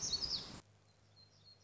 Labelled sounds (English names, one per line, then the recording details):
Black-throated Gray Warbler
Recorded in Sonoma County, California